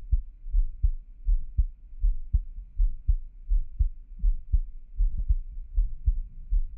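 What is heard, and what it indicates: Steady, regular low thumping heartbeat at about 80 beats a minute, heard close up in a quiet room with no talking.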